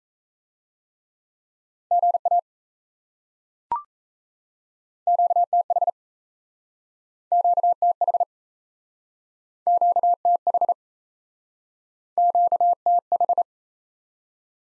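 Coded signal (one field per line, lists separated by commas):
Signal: Morse code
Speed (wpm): 38 wpm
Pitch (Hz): 700 Hz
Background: none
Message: GA QTH QTH QTH QTH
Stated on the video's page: Morse practice of common QSO elements in speed-racing format, starting fast and slowing to a 28 wpm base speed, with a final repeat at maximum speed.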